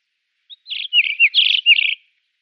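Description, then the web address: White-crowned wheatear song, a short phrase of about two seconds of rich warbled and slurred whistled notes in quick succession. "Schulze Peter White-crowned Wheatear song"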